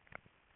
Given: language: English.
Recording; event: throat vibration sensor signal played as sound; swallow